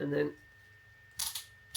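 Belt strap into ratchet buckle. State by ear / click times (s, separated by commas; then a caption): seated / 1.2 s, 1.4 s, 1.8 s. A belt strap is pushed through a gold ratchet buckle while someone talks briefly at the start. Sharp clicks at 1.2, 1.4 and 1.8 seconds are the buckle's catch riding over the strap's teeth. The catch grips the teeth and the strap holds.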